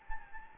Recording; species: mosquito wingbeat signal from an infrared sensor; Anopheles gambiae